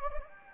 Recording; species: mosquito wingbeat signal from an infrared sensor; Anopheles gambiae